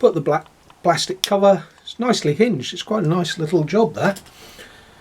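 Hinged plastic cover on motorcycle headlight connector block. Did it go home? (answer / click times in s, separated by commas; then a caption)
no / none. Someone talks while handling the hinged black plastic cover over the headlight connector block on a Yamaha XJ400Z motorcycle, getting ready to close it. Only speech is heard, with no distinct snap. Nothing has clipped shut yet.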